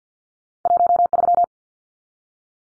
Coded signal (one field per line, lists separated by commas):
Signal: Morse code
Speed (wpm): 50 wpm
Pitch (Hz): 700 Hz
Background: none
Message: 13